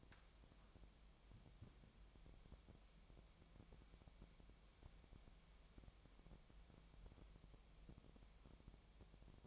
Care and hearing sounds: daily activity, microphone in the room; wipe stove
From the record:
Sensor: 1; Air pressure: 1007.0 hPa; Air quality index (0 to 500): 204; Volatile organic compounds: 22 ppm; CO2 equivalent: 2756 ppm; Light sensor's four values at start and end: 13/33/13/15 and 13/33/13/14

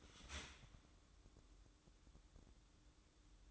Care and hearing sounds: daily activity, microphone in the room; start toaster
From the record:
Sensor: 3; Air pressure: 1007.1 hPa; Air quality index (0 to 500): 54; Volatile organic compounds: 1 ppm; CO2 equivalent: 590 ppm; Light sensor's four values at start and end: 8/17/7/7 and 8/17/7/7

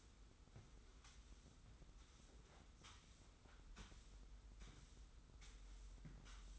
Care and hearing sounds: daily activity, microphone in the room; sweep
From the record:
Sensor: 3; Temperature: 25.5 degrees Celsius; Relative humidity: 43.4%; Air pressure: 990.4 hPa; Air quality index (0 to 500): 196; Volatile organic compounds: 1000 ppm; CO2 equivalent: 6413 ppm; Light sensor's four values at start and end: 43/101/41/39 and 43/101/41/39

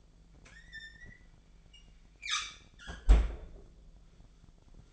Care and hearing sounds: daily activity, microphone in the room; close fridge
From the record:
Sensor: 5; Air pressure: 1009.8 hPa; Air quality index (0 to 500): 162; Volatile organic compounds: 4 ppm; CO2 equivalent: 1576 ppm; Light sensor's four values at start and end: 116/298/124/132 and 114/295/122/130

